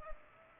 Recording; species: mosquito wingbeat signal from an infrared sensor; Culex pipiens